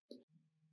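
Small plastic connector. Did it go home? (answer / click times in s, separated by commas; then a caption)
yes / 0.1 s. The plug half of a freshly crimped two-pin JST-SM wire-to-wire plastic connector is pushed into its mating receptacle half to test the cable. A short, sharp click sounds at 0.1 s, followed by a low steady hum and a faint tick near the end. The connector halves seat together.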